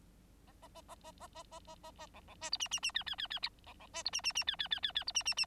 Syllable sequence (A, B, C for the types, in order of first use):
A A A A A A A A A A A B B C D E E E F F F F B B C D E E E F F F F F D E E E